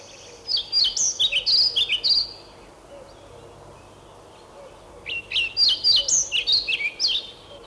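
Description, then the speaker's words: European pied flycatcher song: two short phrases of high, sweet alternating notes, see-sawing up and down, separated by a pause of a few seconds. Often nests in nest boxes and starling houses in parks and gardens; male is velvety black and white. "Теперь мы слышим мухоловку-пеструшку."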